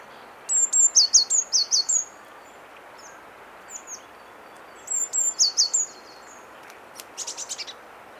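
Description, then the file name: Eurasian blue tit calling with two rapid runs of high, descending notes separated by a pause. "Cyanistes caeruleus"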